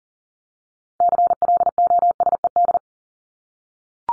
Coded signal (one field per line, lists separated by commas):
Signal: Morse code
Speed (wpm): 40 wpm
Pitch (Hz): 700 Hz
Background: none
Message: CLOSED